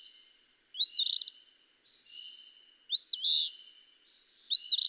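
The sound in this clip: Eastern phoebe song: three burry two-note phrases, each rising then dropping, spaced close to two seconds apart with quiet buzzing between.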